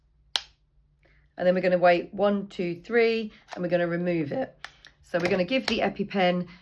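An EpiPen adrenaline auto-injector is pressed against the outside of the thigh and pushed until it clicks, with a single sharp snap-like click at 0.4 s. After a short pause, a nurse talks while it is held in place before removal. The auto-injector clicks when pressed and is seated.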